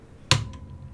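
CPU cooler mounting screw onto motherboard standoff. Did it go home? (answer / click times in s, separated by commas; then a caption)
yes / 0.3 s. A spring-loaded mounting screw on a Cryorig CPU air cooler is turned anticlockwise until it drops onto the start of the motherboard standoff thread with a single sharp click at 0.3 s. A faint, softer tap follows at 0.5 s over a quiet background. The screw is seated on the thread, ready to be screwed down with a half turn.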